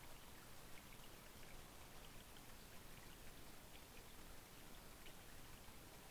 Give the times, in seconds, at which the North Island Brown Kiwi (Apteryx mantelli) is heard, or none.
none